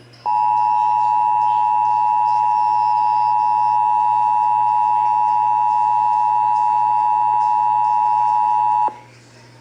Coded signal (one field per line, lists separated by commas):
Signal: Emergency Alert System (SAME) tones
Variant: 853 and 960 Hz attention tone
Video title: (EAS #284-285) Severe Thunderstorm Warning (WBAP-AM, KSCS-FM)